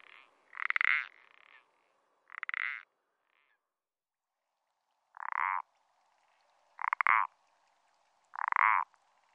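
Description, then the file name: Common parsley frog calls: five short grating croaks at uneven intervals, with fainter croaking near the start. "pelodyte-ponctué"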